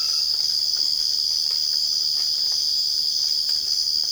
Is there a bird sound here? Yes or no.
no